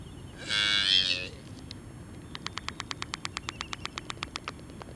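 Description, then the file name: Black-footed albatross gives one loud, rasping call, then a quick, even series of dry clacks. "Black footed Albatross Phoebastria nigripes"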